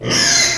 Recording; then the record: squeal of a Yucatan mini pig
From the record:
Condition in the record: before surgery on the right vocal fold (resection and tissue-engineered implant); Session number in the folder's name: 2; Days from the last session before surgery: 0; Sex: male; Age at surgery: 12 weeks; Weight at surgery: 13 kg